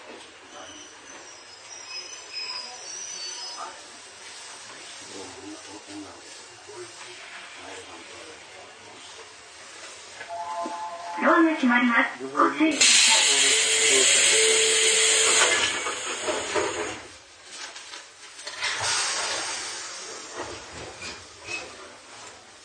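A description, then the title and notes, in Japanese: An Izu-Hakone Railway 3000 series train runs with a steady low rumble and a faint high whine for the first ten seconds. Squealing tones rise near 11 seconds, then a loud, bright hissing rush lasts from about 13 to 17 seconds, with a shorter surge near 19. 伊豆箱根鉄道3000系(鋼製車) 修善寺〜三島。車体は20ｍ級3扉車。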